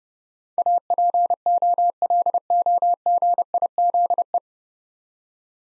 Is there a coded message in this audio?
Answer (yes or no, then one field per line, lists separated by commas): yes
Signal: Morse code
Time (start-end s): 0.6-4.4 s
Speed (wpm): 31 wpm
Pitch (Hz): 700 Hz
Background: none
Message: APOLOGIZE